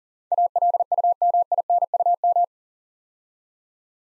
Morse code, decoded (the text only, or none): ALUMINUM